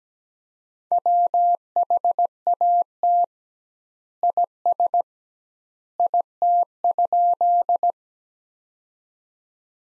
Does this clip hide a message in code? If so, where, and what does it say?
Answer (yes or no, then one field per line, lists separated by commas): yes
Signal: Morse code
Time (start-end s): 0.9-7.9 s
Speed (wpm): 17 wpm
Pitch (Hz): 700 Hz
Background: none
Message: WHAT IS IT?